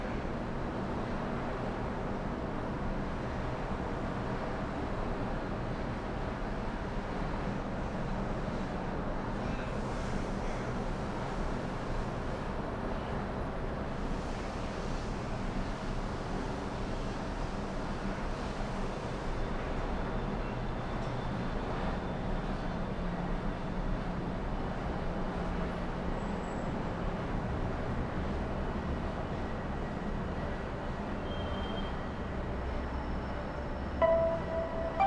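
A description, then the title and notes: Melbourne's Docklands at early evening from the 29th floor: a steady low traffic rumble with faint passing vehicles and a brief bright sound near the end. Melbourne City early evening sounds from 29 floors above the ground. It's recorded using two microphones placed as if they were human ears. Today, a city soundscape from the 29th floor overlookingh the Docklands area.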